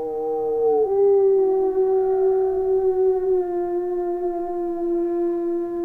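Dog howling in one long, steady, mournful tone that drops slightly near the start and then holds, sliding gently lower toward the end.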